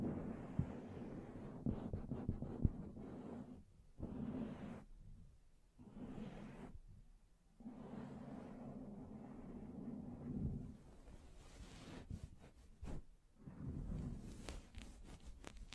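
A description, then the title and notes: Hand sounds on a microphone: soft brushing and scratching with dull, low thumps and taps scattered through, busiest in the first few seconds. The rubbing comes in uneven bursts with brief near-silent gaps, and sharper crackly taps return near the end. ASMR Blue Yeti Mic Test Tapping, Scratching, Mic Brushing, Hand Sounds etc (No Talking).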